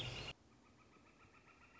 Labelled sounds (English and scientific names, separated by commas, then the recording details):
Northern Flicker (Colaptes auratus)
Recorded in Sonoma County, California